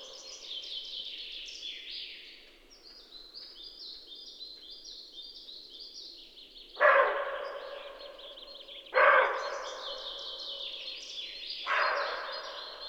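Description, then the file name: Roe deer giving three harsh, gruff barks spaced a few seconds apart, while birds sing high, thin phrases throughout. "sroedeer-C dzhukey"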